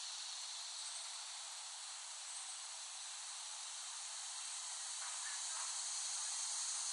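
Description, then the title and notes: Cicadas keep up a steady, hissing high drone that swells a little toward the end, with a few faint softer sounds underneath. Cicadas in West Brighton, Staten Island, late summer 2008, by Dan Bodah. "Dronecast No. 021: The Cicadas of Summer. Recording of cicadas made by Dan Bodah in West Brighton, Staten Island, late summer 2008"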